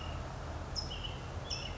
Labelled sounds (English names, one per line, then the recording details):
California Towhee
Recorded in Sonoma County, California